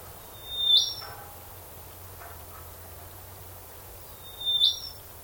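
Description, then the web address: Bird call, a sharp high whistled note sliding upward, given twice about four seconds apart, with a faint low hum beneath. Unidentified bird calling in a swamp. "Sound Effects-Foundation 1 BIRD UNKNOWN SWAMP CALL"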